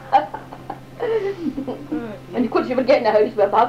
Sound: laughs

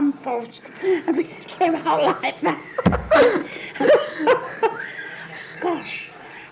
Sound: laughs

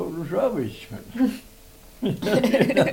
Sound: laughs

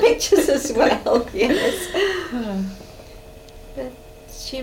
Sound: laughs

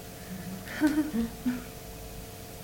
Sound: laughs

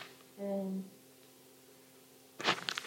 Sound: rustling

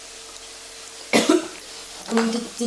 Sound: coughs

